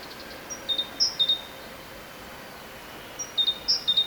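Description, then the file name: Great tit giving two short strophes of sharp high-then-low notes, separated by a silent gap of about two seconds. "Parus major"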